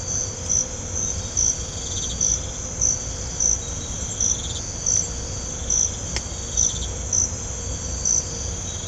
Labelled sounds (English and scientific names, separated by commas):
none